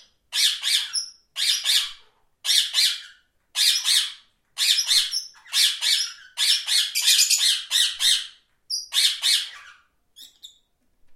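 Parrot squawks, harsh screeching bursts repeated about every second in uneven groups, with a few short whistles between them, fading out near the end.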